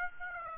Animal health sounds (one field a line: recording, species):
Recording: mosquito wingbeat signal from an infrared sensor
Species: Aedes aegypti